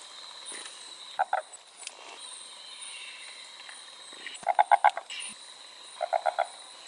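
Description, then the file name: Fleay's barred frog giving quick runs of pulsed croaking notes in groups of two to five, with a constant high-pitched insect drone behind. "mixophyes fleayi"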